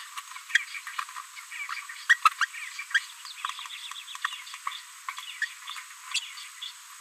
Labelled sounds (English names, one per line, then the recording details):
Green-rumped Parrotlet babbling
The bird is a female
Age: 30 days
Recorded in a nest box in Venezuela
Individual 17B73B3